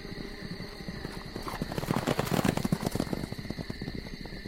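Horses' hooves clip-clop in a quick, uneven rhythm of many sharp knocks, swelling louder midway as riders mount horses that had been tied to trees and set off, with no voices present.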